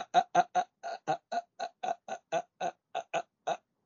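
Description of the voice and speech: Adult male speaker stuttering with clear, rapid syllable repetitions and blocks, the most severe type of stuttering.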